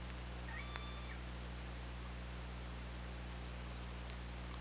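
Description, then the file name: Killer whale call, a brief tonal harmonic cry of about half a second, heard faintly over steady low underwater hum and hiss. Hydrophone recording from OrcaLab, 24 August 2017, 22:19:27. "Orca Lab UTLN JASON 20170824 221927"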